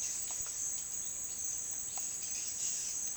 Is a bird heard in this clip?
no